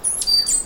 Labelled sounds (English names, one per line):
Stitchbird song